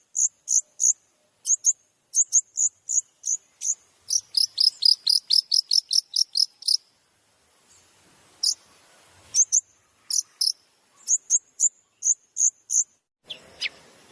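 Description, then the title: Long-tailed shrike song: bursts of sharp, high, clipped notes repeated in quick series, a rapid run in the middle, then sparser notes after a pause. Masteran training recording for other shrikes, full of tembakan (shooting-style rapid notes). "MASTERAN TERBAIK CENDET FULL TEMBAKAN"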